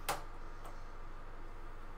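A tool-less expansion card retention bracket with a lip on the back is slid into a PC case to hold the expansion cards without screws. It pops into place with a single sharp click at 0.1 s, followed by a much fainter tick around 0.7 s over a steady low hum. The bracket is seated.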